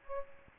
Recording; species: mosquito wingbeat signal from an infrared sensor; Aedes aegypti